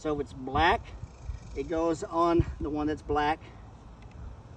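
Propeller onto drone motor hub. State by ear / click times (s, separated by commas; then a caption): not seated / none. A black, color-coded propeller is being handled over its matching black motor mount on a Typhoon H Plus drone, to be pressed and twisted on. Someone talks throughout over a low, steady background hiss. Nothing has seated or clicked yet.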